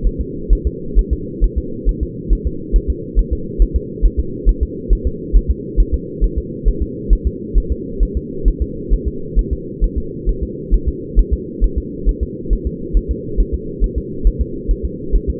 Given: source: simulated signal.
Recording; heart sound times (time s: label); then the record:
fetal heart sounds
0.06 s: S1
0.21 s: S2
0.53 s: S1
0.67 s: S2
0.99 s: S1
1.13 s: S2
1.44 s: S1
1.58 s: S2
1.89 s: S1
2.03 s: S2
2.33 s: S1
2.47 s: S2
2.76 s: S1
2.90 s: S2
3.19 s: S1
3.33 s: S2
3.62 s: S1
3.76 s: S2
4.05 s: S1
4.20 s: S2
4.49 s: S1
4.63 s: S2
4.93 s: S1
5.07 s: S2
5.36 s: S1
5.51 s: S2
5.80 s: S1
5.94 s: S2
6.24 s: S1
6.38 s: S2
6.68 s: S1
6.82 s: S2
7.13 s: S1
7.27 s: S2
7.58 s: S1
7.72 s: S2
8.03 s: S1
8.17 s: S2
8.48 s: S1
8.62 s: S2
8.93 s: S1
9.08 s: S2
9.39 s: S1
9.53 s: S2
9.84 s: S1
9.98 s: S2
10.29 s: S1
10.43 s: S2
10.74 s: S1
10.88 s: S2
11.19 s: S1
11.33 s: S2
11.64 s: S1
11.78 s: S2
12.09 s: S1
12.23 s: S2
12.53 s: S1
12.67 s: S2
12.97 s: S1
13.11 s: S2
13.40 s: S1
13.54 s: S2
13.84 s: S1
13.98 s: S2
14.27 s: S1
14.41 s: S2
14.71 s: S1
14.85 s: S2
15.15 s: S1
15.30 s: S2
From the record:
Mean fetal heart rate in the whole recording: 135 bpm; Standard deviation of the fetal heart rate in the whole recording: 3 bpm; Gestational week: 36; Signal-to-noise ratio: -4.3 dB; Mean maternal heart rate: 72 bpm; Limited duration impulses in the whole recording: absent